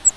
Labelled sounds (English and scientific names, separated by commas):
Grace's Warbler (Setophaga graciae) flight call